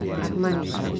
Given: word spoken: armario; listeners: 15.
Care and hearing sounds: one Spanish word in noise, from a listening test; eight-talker babble; -0.6 dB; 0 of 15; 10 of 15; 0.60 s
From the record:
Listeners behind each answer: 10, 2, 1, 1, 1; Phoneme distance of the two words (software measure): 38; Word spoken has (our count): 3 syllables, 7 phonemes, stress on syllable 2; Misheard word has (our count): 2 syllables, 5 phonemes, stress on syllable 1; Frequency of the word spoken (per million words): 10.16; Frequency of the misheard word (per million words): 247.35

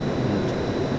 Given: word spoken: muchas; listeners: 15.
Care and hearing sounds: one Spanish word in noise, from a listening test; speech-shaped noise; -6.6 dB; 0 of 15; 8 of 15; 0.59 s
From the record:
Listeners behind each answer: 8, 3, 2, 1, 1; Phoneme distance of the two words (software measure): 17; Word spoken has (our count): 2 syllables, 5 phonemes, stress on syllable 1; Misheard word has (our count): 2 syllables, 4 phonemes, stress on syllable 1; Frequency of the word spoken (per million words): 265.90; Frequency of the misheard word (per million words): 545.62

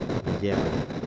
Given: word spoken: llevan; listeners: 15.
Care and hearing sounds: one Spanish word in noise, from a listening test; noise modulated by three-talker babble; -3.4 dB; 0 of 15; 6 of 15; 0.66 s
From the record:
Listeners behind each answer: 6, 1, 1, 1, 1, 1, 1, 1, 1, 1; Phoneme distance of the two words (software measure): 28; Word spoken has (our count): 2 syllables, 5 phonemes, stress on syllable 1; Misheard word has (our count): 2 syllables, 5 phonemes, stress on syllable 1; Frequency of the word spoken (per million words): 51.43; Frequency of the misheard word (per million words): 12.74

